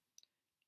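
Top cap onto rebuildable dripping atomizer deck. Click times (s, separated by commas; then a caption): 0.2 s. A top cap is twisted onto the deck of a Velocity rebuildable dripping atomizer, locking into place to line up the airflow holes. Two short, sharp clicks are heard at 0.2 s and 0.2 s (0.18 s and 0.23 s), followed by faint small sounds near the end. The cap is seated.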